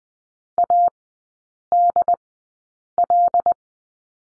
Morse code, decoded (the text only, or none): ADL